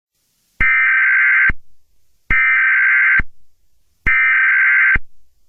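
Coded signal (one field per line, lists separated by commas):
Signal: Emergency Alert System (SAME) tones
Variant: header bursts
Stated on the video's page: Fictional alert scenario, not a real activation.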